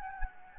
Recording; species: mosquito wingbeat signal from an infrared sensor; Anopheles gambiae